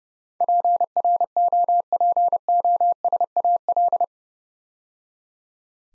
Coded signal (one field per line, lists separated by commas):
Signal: Morse code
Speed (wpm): 28 wpm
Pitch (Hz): 700 Hz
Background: none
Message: PROPOSAL